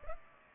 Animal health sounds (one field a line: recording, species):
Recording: mosquito wingbeat signal from an infrared sensor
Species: Culex pipiens